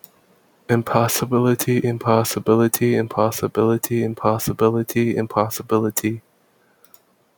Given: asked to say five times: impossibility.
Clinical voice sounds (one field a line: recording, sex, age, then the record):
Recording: repeated word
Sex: male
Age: 20 to 29 years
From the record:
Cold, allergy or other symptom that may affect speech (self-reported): no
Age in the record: 26 years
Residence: Florida, United States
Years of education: 16